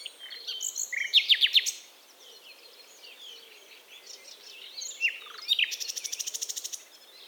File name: Luscinia megarhynchos